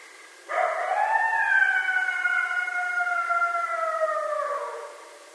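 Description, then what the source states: Coyote giving a single sustained howl, sliding up sharply, then a long level, slightly falling note rich in harmonics before tapering off at the end. Coyotes, more than one, recorded on 2012-04-10.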